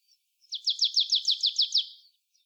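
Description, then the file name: Marsh tit call: one quick run of several scratchy, buzzy notes, evenly spaced, with a faint soft note before and after. "Poecile palustris"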